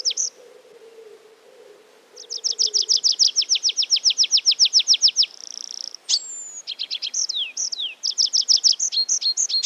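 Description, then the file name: Tree pipit song: a rapid run of high descending notes, then a drawn-out trill, a sliding whistle and a final burst of fast repeated chips. "Baumpieper"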